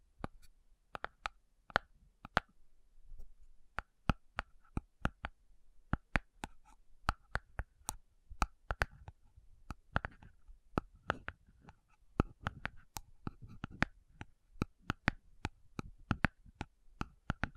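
Slow tapping on metal, with sharp, bright clicks that stop abruptly and arrive at an uneven pace, sometimes singly and sometimes in quick pairs or clusters. A faint ringing tone lingers after some taps. Between hits there is only a low, quiet hum.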